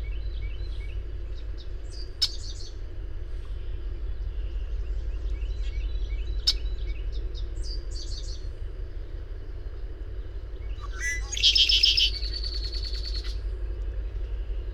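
Bird song: scattered high chirps, then a loud buzzy trill near the end lasting about two seconds, over a steady low hum with occasional sharp clicks.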